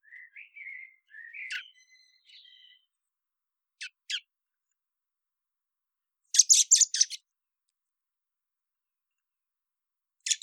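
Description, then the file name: Common blackbird starting with soft warbled and thin whistled notes, then two sharp clicks and a loud harsh rattle of notes. "Turdus merula"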